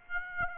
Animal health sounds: mosquito wingbeat signal from an infrared sensor; Aedes aegypti

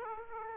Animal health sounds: mosquito wingbeat signal from an infrared sensor; Aedes aegypti

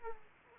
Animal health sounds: mosquito wingbeat signal from an infrared sensor; Aedes aegypti

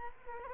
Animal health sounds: mosquito wingbeat signal from an infrared sensor; Culex quinquefasciatus

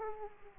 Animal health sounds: mosquito wingbeat signal from an infrared sensor; Aedes aegypti

